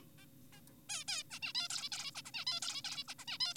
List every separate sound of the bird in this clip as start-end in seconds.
0.18-0.26, 0.53-0.61, 0.90-1.04, 1.08-1.23, 1.31-1.40, 1.42-1.53, 1.55-1.68, 1.70-1.89, 1.92-2.11, 2.15-2.22, 2.25-2.31, 2.34-2.45, 2.47-2.60, 2.62-2.82, 2.84-3.04, 3.08-3.14, 3.19-3.25, 3.28-3.38, 3.40-3.54